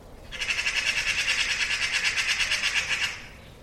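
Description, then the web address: Bird rattle call: a long train of fast repeated harsh pulses lasting about three seconds. "cianscape birddata Deverinetal"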